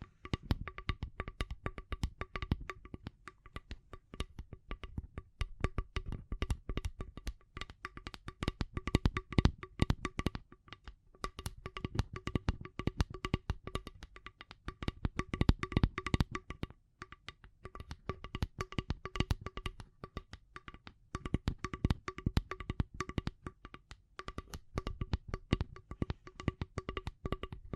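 Rapid tapping and scratching fills the whole stretch, a dense, uneven stream of crisp clicks and scrapes with only a brief lull around seventeen seconds. A faint, steady hum at two low pitches runs quietly underneath throughout.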